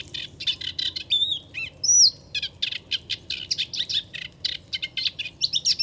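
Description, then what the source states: Moustached warbler song: rapid chattering ticks and scratchy phrases, with a few clear slurred whistles early on. Virtuoso bird singing in a reedbed along Chemin de Fangassier, Camargue, France, 23 March 2019; no wind; hard to see in the reeds; recorded with Wildtronic parabola, MKH8020 and MixPre-3.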